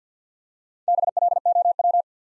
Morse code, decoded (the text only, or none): BLOW